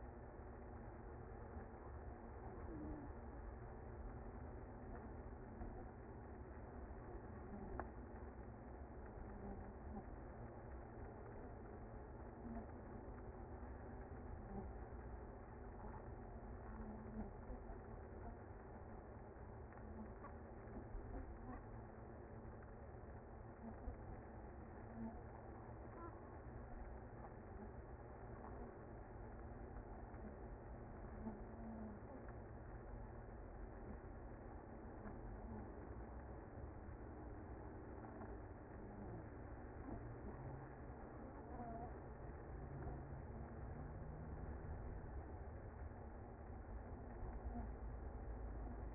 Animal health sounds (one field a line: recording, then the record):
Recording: honeybee colony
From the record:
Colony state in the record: active